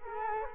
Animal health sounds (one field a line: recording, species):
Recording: mosquito wingbeat signal from an infrared sensor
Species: Culex quinquefasciatus